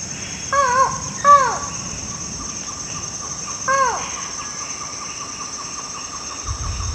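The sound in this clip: Buckley's forest falcon giving two falling, nasal notes, then a single similar note, with constant high-pitched insect buzzing behind.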